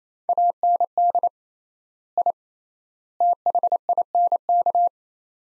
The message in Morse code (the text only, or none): AND I THINK